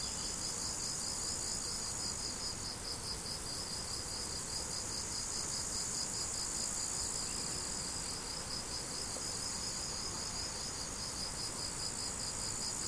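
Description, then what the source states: Crickets chirping in steady pulsed bursts, about two and a half per second, over a continuous high insect hiss. Crickets, recorded 17 July 2012 on an MZ-N710 recorder.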